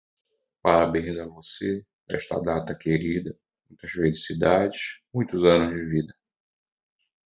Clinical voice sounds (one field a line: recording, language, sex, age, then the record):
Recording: short text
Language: Brazilian Portuguese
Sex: male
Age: 40 to 49 years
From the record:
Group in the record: control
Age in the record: 42 years